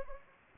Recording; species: mosquito wingbeat signal from an infrared sensor; Anopheles gambiae